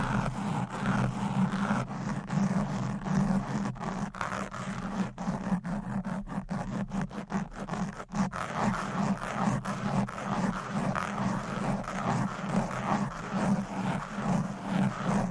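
Fast, aggressive scratching of nails over a mic cover, a dense rasping texture with rapid regular strokes and a steady low hum throughout.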